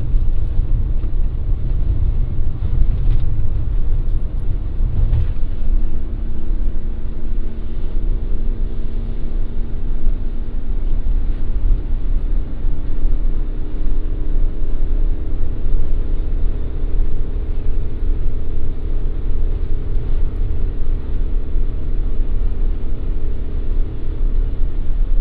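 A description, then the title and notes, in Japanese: A car drives along with a steady low engine rumble and road noise, a faint hum rising after seven seconds, and occasional soft bumps. 環境音 直売所へ店出し。直売所へクルマで向かう。クルマの運転時間長め。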